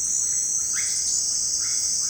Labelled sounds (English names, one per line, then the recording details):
Russet-backed Oropendola
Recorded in dense forest near Puerto Asís, Putumayo, Colombia, on 18 February 2024 at 17:30
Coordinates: 0.472, -76.329
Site G6394